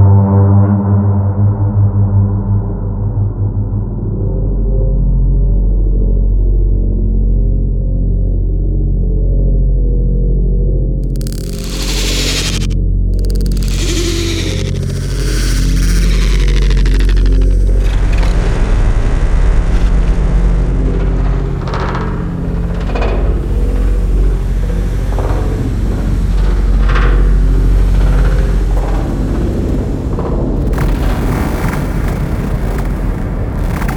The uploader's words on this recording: Experimental ambiences, intriguing drones, dark stylized sound effects, disturbing impacts and unreal textures. Mysterious Cinematic Sounds.